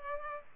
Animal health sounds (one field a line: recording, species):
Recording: mosquito wingbeat signal from an infrared sensor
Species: Culex pipiens